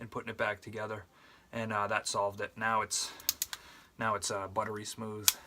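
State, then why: Not seated. Someone talks while handling the reworked thumb safety lever of a 1911 pistol, which was filed down and had the coil removed from its spring to make it smoother. A few short, sharp ticks sound between the speech, but the steel safety has not yet snapped into its detent on the frame, and nothing has clicked or seated yet.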